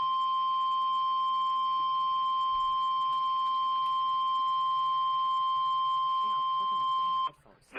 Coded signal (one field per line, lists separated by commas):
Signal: Emergency Alert System (SAME) tones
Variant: 1050 Hz attention tone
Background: speech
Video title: Chaotic Hellstorm II Slight Risk Day| EAS Alerts From 11/10/2020 (EAS #101-121)